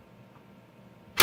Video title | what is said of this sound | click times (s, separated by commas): Building a Computer - Step by Step Walkthrough | hear that click in place so now they're in there nice and good it's not going to move and our | 1.2 s